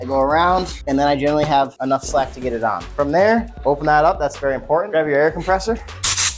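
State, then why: Not seated. Someone talks while working a rear bicycle tire's rubber bead onto its metal wheel rim by hand after the tube is fitted, pinching it and going around until there is enough slack to get it on, just before inflating it with an air compressor. Faint handling noises sit under the continuous talk, with a brief hiss near the end. Nothing has seated or popped onto the rim yet.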